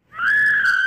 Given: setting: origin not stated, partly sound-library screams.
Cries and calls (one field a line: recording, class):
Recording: one-second piece from a danger detection set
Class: woman in danger